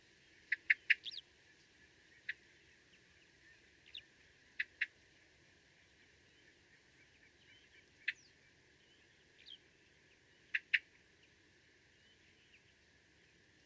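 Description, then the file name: Eurasian blackbird uttering short, hard tick notes, singly or in small groups, spaced irregularly with pauses of a few seconds between them. "Turdus merula"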